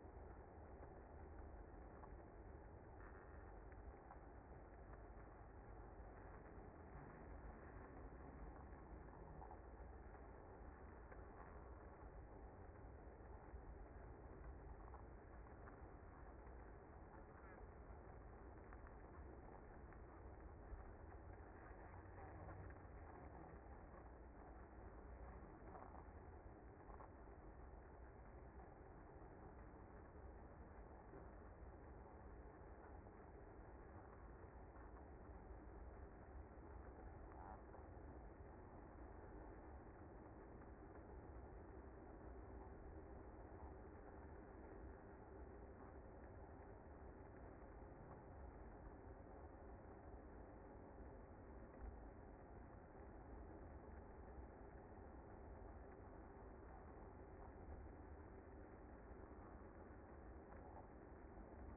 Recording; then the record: honeybee colony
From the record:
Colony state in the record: active